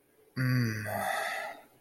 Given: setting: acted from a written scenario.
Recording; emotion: vocal sound without words; desire